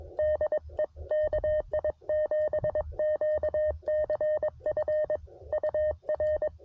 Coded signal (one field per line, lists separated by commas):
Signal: Morse code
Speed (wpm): 22 wpm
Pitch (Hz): 610 Hz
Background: none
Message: DE KI7QCF UR